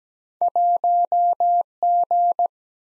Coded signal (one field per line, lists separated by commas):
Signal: Morse code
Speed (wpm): 17 wpm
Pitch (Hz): 700 Hz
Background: none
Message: 1 G